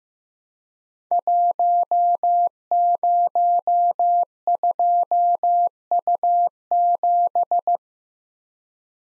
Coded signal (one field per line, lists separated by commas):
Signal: Morse code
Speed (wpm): 15 wpm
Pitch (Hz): 700 Hz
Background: none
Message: 102U7